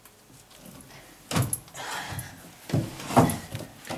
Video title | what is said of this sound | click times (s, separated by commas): How to Remove Bathtub Drain Made Easy? | yeah i see it i think it just stretches it's like it's like that that thing stripped out okay | 1.5 s